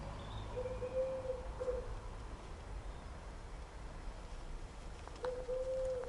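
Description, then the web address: Bird giving a soft, level low whistle twice, once near the start and again at the end, over steady background noise. "Deverinetal 2025. Bird Only"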